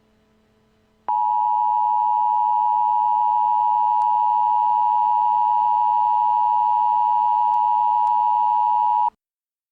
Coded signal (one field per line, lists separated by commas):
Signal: Emergency Alert System (SAME) tones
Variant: 853 and 960 Hz attention tone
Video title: The Silence Above An EAS Scenario Remastered EAS #1